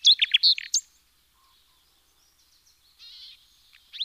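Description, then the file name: Common nightingale giving a short burst of loud, clipped notes, followed by near silence and a faint scratchy twitter. "Luscinia megarhynchos"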